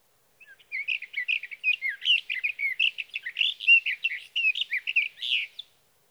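Sage thrasher song, a continuous rapid warble of varied whistled notes lasting about five seconds, with nothing else audible.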